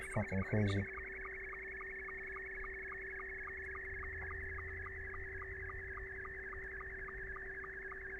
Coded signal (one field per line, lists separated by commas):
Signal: SSTV (slow-scan television)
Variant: Scottie 2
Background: speech